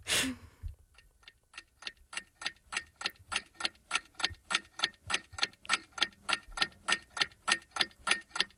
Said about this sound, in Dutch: Dit klinkt wel heel onheilspellend. Vind je? Ja, want gewoon de tijd tikt, dat denk ik.